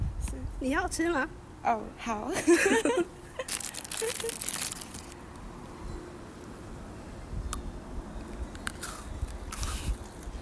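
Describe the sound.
A recording from Paju, South Korea, opens with a voice speaking in rising and falling tones for about three seconds. Crinkling and crunching noises follow in bursts until around five seconds. A steady low hum and faint scattered clicks continue underneath to the end.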